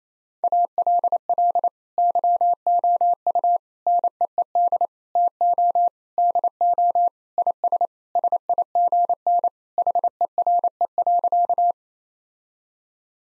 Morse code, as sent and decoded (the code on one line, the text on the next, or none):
.- .-.. .-.. / -.-- --- ..- / -. . . -.. / - --- / -.. --- / .. ... / ... .. --. -. / .... . .-. . .-.-.-
ALL YOU NEED TO DO IS SIGN HERE.